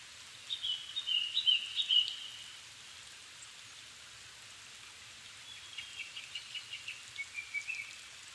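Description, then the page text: Japanese thrush song: two phrases of rapid whistled notes, the second a quick repeated series, separated by a pause, over constant background hiss. Recorded 7 May 2011 at 17:59, evening; altitude 270 m; Sony PCM-D50 recorder with Panasonic WM-61A mic. "kurotugumi-20110507-1759. Turdus cardis [Sounds -Nikko Today-]"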